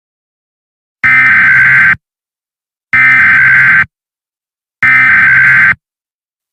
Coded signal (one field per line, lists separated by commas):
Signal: Emergency Alert System (SAME) tones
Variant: header bursts